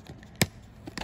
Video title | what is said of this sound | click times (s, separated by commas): Making a Pin wheel | until it clicks now the pinwheel is stuck on the axle and | 0.4 s